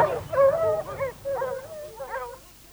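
Hunting dogs bay and yelp while chasing a wounded wild boar into a thicket, a run of high, wavering cries in overlapping bursts that rise and fall, fairly loud at first, then fading toward the end.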